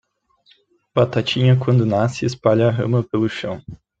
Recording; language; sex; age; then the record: short text; Brazilian Portuguese; male; 20 to 29 years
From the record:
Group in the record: control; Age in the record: 22 years